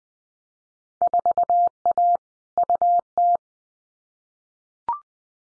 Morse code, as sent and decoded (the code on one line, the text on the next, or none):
....- .- / ..- -
4A UT